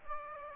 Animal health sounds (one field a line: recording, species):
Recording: mosquito wingbeat signal from an infrared sensor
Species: Aedes aegypti